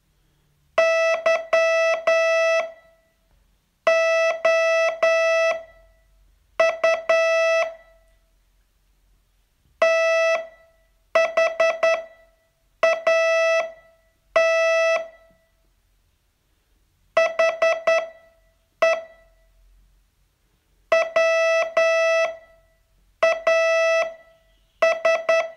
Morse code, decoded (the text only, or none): YOU THAT HE WAS